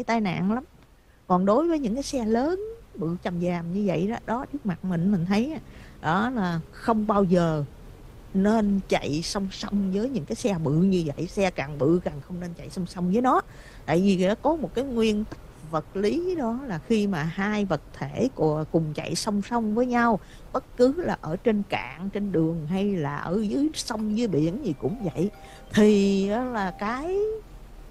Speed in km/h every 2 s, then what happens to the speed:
6, 8, 16, 24, 32, 39, 42, 45, 48, 50, 48, 47, 45, 40.
0-16 speeds up to 48. 16-24 steady at about 48.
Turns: none.